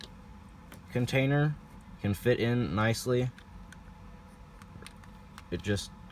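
A small plastic brick container is handled and pressed toward a plastic brick display stand while someone talks. Light, brief plastic taps sound at 0.0, 0.7, 3.7, 4.6, 4.9, 5.0 and 5.4 seconds. The container has not seated or clicked into the stand yet.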